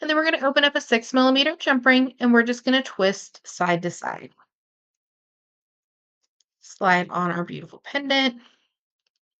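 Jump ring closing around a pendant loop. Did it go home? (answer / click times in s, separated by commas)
no / none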